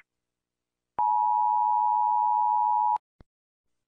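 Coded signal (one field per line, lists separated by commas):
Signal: Emergency Alert System (SAME) tones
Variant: 853 and 960 Hz attention tone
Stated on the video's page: Sound effect of US EAS alarm, not a real broadcast.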